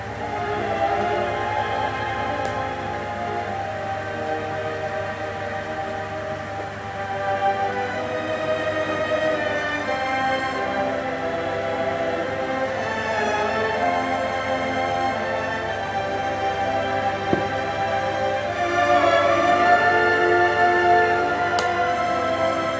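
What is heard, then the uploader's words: Old-fashioned music plays in a dense, steady wash of sustained tones, with a faint hiss of rain underneath and a low hum throughout. The level stays even, rising a little toward the end, and a single sharp tick sounds around seventeen seconds. Study with me in rain + Victorian Era music.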